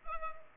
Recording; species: mosquito wingbeat signal from an infrared sensor; Culex pipiens